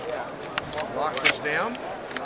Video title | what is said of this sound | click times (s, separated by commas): Scorpion EXO-900 Modular Helmet - Chrome World | Pull the lever down slightly until it clicks. | 0.6 s